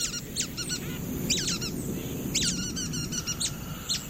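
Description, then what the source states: Nuthatch giving quick high chirps in short clustered runs, repeated throughout over steady low background noise. Nuthatch, a bird whose tool use scientists consider a rare behaviour among birds.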